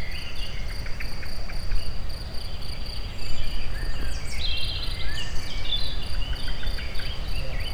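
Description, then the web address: Insects keeping up a continuous high-pitched pulsing drone, with birds twittering and a steady low rumble in the background. Insects recorded in nature at very close range at the Eger tourist house. "allathangok termeszetben rovarok egeszenkozelrol egerturistahaz"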